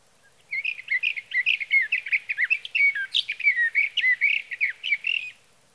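Sage thrasher song: a long, run-on warble of rapid, varied whistled phrases, warbling and jumbled, continuing for about five seconds without pause.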